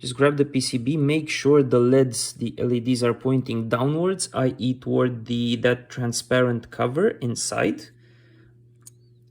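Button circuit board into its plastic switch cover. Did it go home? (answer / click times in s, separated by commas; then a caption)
yes / 8.9 s. Someone talks while handling the small circuit board of the DVD eject button on a 2012 Range Rover Sport SDV6 dashboard, with its LEDs pointing downwards toward the transparent cover inside. After the talking stops, the board is pushed on the tab into its plastic switch cover, and one sharp click at 8.9 s shows it has seated.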